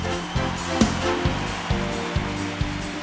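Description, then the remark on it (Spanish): A crowd at an evening live show applauds the technicians and crew in a steady, dense wash of clapping, with a low sustained tone and regular soft thumps underneath. No one speaks. “A todos los que hacen posible estar aquí esta noche, a los técnicos, a toda la gente que estuvo aquí mojándose y trabajando, todo mi cariño, mi especial agradecimiento, y ahí va ese aplauso que es de ustedes, para ellos.”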